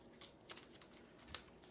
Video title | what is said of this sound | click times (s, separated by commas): Hairdresser Reacts to L'Oréal ColorSonic Test #2: Will It Work Better?! | and it literally just snaps you could hear the snap | 0.8 s, 1.4 s